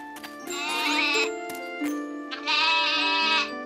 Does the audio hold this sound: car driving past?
no